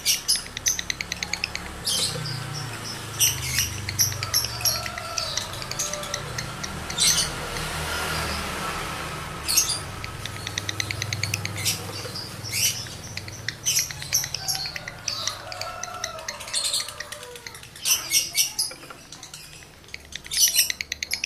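A male lovebird in breeding condition chatters almost nonstop, pouring out rapid, shrill chirps and squeaky twitters in dense bursts across the whole stretch. The calls come in quick clusters with brief gaps, while a low, uneven rumble runs underneath.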